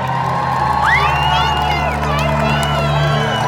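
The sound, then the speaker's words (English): A large concert crowd cheers loudly and steadily, a dense roar of voices with scattered high whoops and shouts rising above the din for the whole stretch. “But to be in front of this awesome, beautiful crowd is a gift.”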